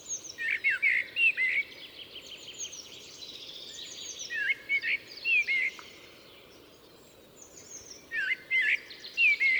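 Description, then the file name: Common blackbird singing repeated clusters of loud whistled and warbled notes, separated by quieter gaps. "Turdus merula"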